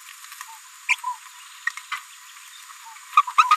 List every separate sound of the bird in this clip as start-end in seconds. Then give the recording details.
0.88-0.96, 1.03-1.16, 1.66-1.70, 1.91-1.98, 3.13-3.21, 3.28-3.31, 3.38-3.56. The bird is a female. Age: 30 days. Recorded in a nest box in Venezuela. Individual 17B73B3